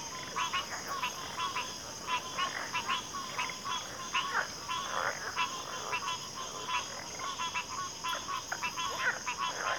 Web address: WLL Grade 1-12 Pre-Uni Library Natures Songs Sleep Sounds of Nature CRICKETS Backwater Chorus